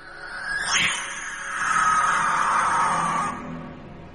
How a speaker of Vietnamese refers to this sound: Đêm hôm nó đi ăn, nó rú lên một tiếng, vô phúc cho nhà mà mẹ nào mà nghe tiếng nó kêu thì có khi cũng vỡ tim ra rồi về mất ăn mất ngủ. Con chim lợn kêu lên một tiếng rồi vỗ cánh phành phạch bay qua.